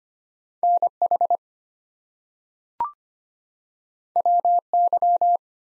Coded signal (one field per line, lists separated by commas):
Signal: Morse code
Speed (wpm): 25 wpm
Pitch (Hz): 700 Hz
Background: none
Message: NH WY